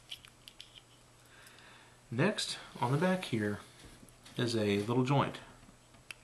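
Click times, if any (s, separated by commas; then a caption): 6.1 s. A small jointed tab on the back of a plastic Transformers Robots In Disguise Wedge (2001) transforming robot toy is swung down and clicks into place. Light handling ticks come at the start, then someone talks, and a single sharp click at 6.1 s marks the tab seating.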